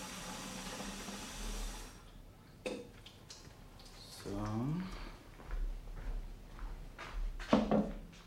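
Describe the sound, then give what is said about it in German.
Someone rummages for a box holding many matches while putting water on for tea: a steady hiss gives way to scattered clicks, knocks and rattles of handling, with a brief voice sounding partway through. “Streichhölzer. Ach, das sind viele.”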